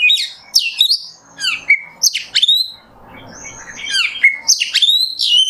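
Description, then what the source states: Oriental magpie-robin song: loud, varied whistled phrases with sharp slurred notes high in pitch, broken by short pauses and a soft hiss in the middle. Kacer song in the 'nembak' style, used as masteran tutoring.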